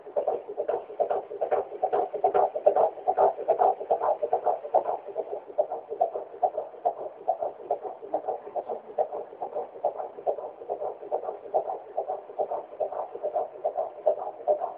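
A fast, regular baby heartbeat, about 143 beats per minute, heard as rhythmic whooshing pulses.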